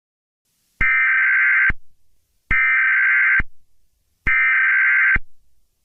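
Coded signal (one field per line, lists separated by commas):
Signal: Emergency Alert System (SAME) tones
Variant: header bursts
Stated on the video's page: Fictional EAS scenario short, a made-up alert.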